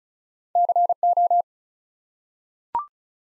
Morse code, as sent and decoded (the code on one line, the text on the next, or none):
-.-. ---
CO